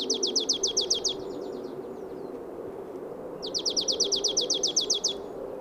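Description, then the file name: Marsh tit rattling trill, a fast run of sharp high notes, repeated after a pause, over a steady low rumble of background noise. "Poecile palustris"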